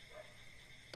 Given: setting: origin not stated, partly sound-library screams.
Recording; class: one-second piece from a danger detection set; normal situation